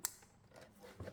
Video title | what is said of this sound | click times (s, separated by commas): Chronique n°192 : Masters of the universe origins : Collector "cartoon collection" | On va dire, le couvercle, le toit du véhicule se ferme et ça se clipse | 0.1 s